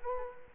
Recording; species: mosquito wingbeat signal from an infrared sensor; Culex quinquefasciatus